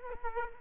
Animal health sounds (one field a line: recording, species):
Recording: mosquito wingbeat signal from an infrared sensor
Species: Culex quinquefasciatus